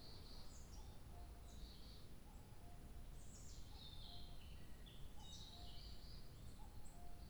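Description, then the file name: Bird song of bursts of high twittering and chirps, a mellow lower note recurring regularly, and a continuous low rumble beneath. 2 July 2023. "birdsong 20230702"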